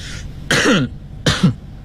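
coughing twice

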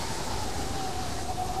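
wind whistling

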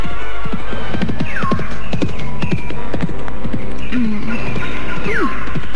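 horse hooves approaching

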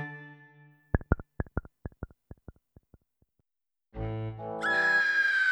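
woman screaming in horror

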